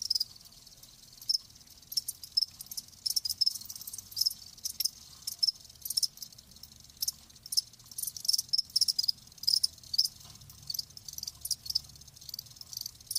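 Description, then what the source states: Cricket chirping, thin high pulses in scattered bursts over a soft low background hum. Live crickets, presented as a sleep sound.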